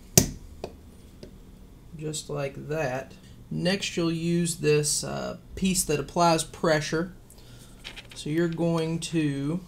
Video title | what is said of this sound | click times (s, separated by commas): [How-to] Kaby Lake Delid- i5-7600k at 5.0GHz- Is the temperature decrease worth it? | you'll use the supplied cover and it snaps into place just like that | 0.2 s